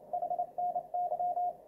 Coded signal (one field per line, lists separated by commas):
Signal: Morse code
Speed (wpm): 28 wpm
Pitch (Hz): 710 Hz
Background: none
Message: HNY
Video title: #HamRadio Live 355. MFJ 464, Read AND Send CW While You Learn It! Plus Ham Radio Dude & Friends WOW!